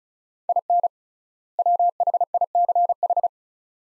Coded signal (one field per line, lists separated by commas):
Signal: Morse code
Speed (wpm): 36 wpm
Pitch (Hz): 700 Hz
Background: none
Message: IN WHICH